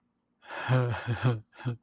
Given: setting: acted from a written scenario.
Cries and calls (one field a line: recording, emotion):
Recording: vocal sound without words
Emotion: sadness